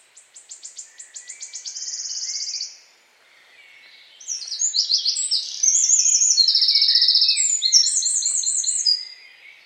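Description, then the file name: Eurasian wren song: a rapid series of high ticks merging into a shrill trill, then after a brief gap a loud cascade of rattling trills and piercing notes. "Troglodytes troglodytes"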